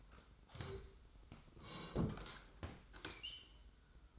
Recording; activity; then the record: daily activity, microphone in the room; sit down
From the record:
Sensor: 3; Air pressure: 990.6 hPa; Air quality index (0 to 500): 171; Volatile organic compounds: 1000 ppm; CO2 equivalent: 5549 ppm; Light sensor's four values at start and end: 37/88/36/34 and 37/87/36/34